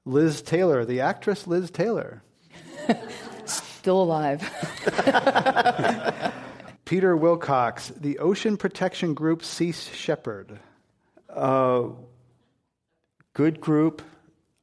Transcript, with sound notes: Liz Taylor, the actress Liz Taylor.
Still alive.
[Laughter]
Peter Willcox, the ocean protection group Sea Shepherd.
Good group.